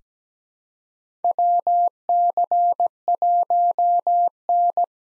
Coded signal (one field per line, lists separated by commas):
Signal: Morse code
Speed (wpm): 17 wpm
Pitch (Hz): 700 Hz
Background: none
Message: WC1N